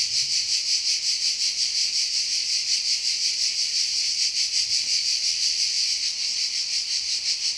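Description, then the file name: Cicada song, an unbroken shrill buzz beating in regular pulses of roughly three per second. "CHANT CIGALE"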